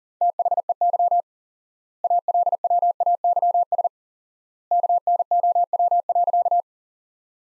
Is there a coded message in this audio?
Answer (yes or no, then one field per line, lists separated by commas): yes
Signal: Morse code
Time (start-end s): 0.2-6.6 s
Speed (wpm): 40 wpm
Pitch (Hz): 700 Hz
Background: none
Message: THEY ALWAYS KNOW.